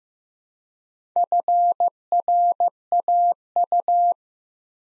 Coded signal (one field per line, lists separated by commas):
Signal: Morse code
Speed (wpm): 15 wpm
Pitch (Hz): 700 Hz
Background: none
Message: FRAU